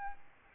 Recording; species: mosquito wingbeat signal from an infrared sensor; Aedes albopictus